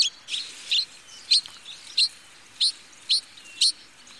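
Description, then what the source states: Pallas's reed bunting calls: several short, chirpy notes. Very distinctive call, played in a lecture.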